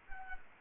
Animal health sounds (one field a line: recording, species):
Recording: mosquito wingbeat signal from an infrared sensor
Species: Culex quinquefasciatus